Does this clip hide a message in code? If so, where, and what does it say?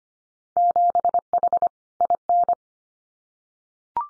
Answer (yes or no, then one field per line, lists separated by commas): yes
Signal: Morse code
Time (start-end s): 0.6-2.5 s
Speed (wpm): 25 wpm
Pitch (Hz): 700 Hz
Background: none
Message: 7H IN